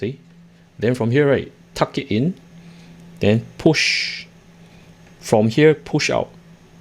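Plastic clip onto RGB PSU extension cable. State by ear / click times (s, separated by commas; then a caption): not seated / none. A plastic clip is tucked in and pushed onto a Lian Li Strimer Plus V2 RGB PSU extension cable while someone talks, over a faint steady low hum. Nothing has seated or clicked yet.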